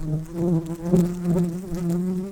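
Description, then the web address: Red-tailed bumblebee buzzing, a low steady drone with slight wavering and a small rise in pitch at the end. Worker bees. "Lapidarius workers"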